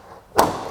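A removable body panel is slid back into a sports car body, front edge first. It snaps into place with a single sharp thud at 0.4 s, then quiet settling, and the panel is seated.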